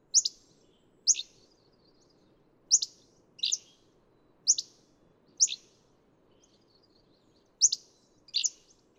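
Hammond's flycatcher singing high, abrupt chirped phrases, some doubled and slightly buzzy, spaced roughly a second apart with brief pauses, against a quiet low rumble.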